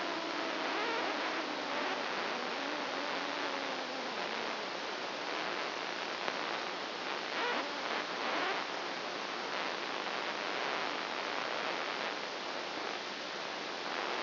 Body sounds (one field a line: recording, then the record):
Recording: brain microelectrode recording played as sound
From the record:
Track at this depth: inside the subthalamic nucleus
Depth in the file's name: 3.004 mm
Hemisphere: right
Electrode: 2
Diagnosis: Parkinson's disease